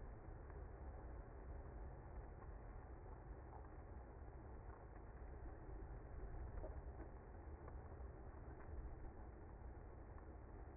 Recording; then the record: honeybee colony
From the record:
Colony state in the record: active